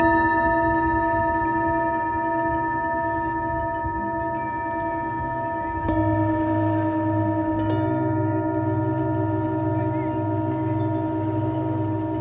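Singing bowls ring in a long, steady drone of layered pure tones, with a low, gently pulsing hum underneath. A fresh strike near six seconds brightens and swells the sound, and another soft tone enters around eight seconds as the resonance sustains evenly.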